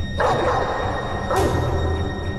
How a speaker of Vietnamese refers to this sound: Trong cái tình cảnh ngàn cân treo sợi tóc đó thì bất chợt có tiếng chó sủa ở xa xa vang lên.